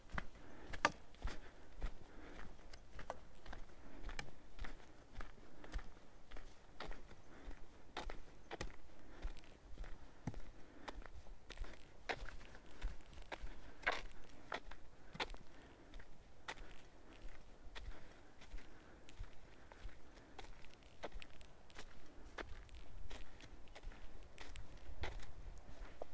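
Footsteps on a daily walk in the forest, crunching in a steady, regular rhythm about one to two per second throughout. A low, constant rumble runs underneath, with occasional sharper clicks and snaps standing out between steps.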